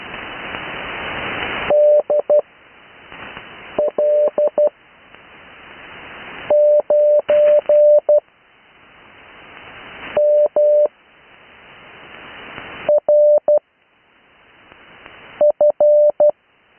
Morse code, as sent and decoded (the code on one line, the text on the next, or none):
-.. .-.. ----. -- .-. ..-.
DL9MRF